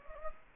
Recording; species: mosquito wingbeat signal from an infrared sensor; Anopheles gambiae